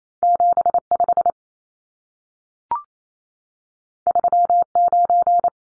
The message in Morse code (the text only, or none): 75 39